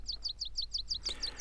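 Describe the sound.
Meadow pipit song: a steady run of high, thin, evenly spaced chirps, with a low background hum.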